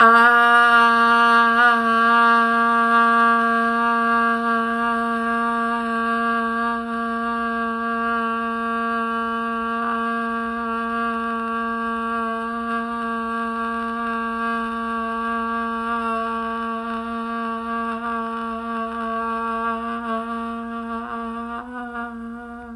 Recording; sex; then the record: sustained vowel /a/; female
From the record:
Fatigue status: no fatigue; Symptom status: symptomatic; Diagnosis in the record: COVID-19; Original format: m4a